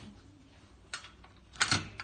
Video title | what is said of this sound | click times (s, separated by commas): video 1551808409 | just lock into place don't | 1.6 s